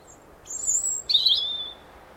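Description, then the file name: European robin singing a brief phrase: a long, very high thin whistle followed by a lower, sweet slurred note that fades away. "Erithacus rubecula"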